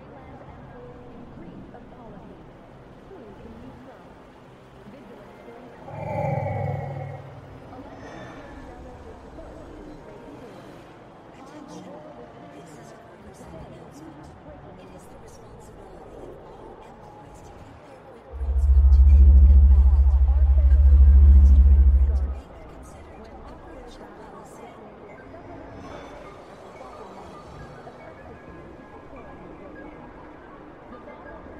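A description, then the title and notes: Futuristic city ambience: a steady low hum with faint chatter, a brief tonal call near six seconds, and a loud deep drone around nineteen seconds. Futuristic city ambience.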